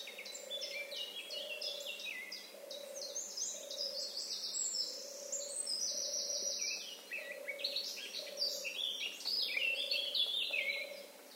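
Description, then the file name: Eurasian blackcap song: fast, varied warbling of bright fluted and scratchy notes, with another bird's low hooting notes repeated roughly every second throughout. "Sylvia atricapilla"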